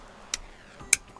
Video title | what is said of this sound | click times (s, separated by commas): DJI Osmo Action 6 Unboxing & First Look | Cool. Clicks into place. | 0.9 s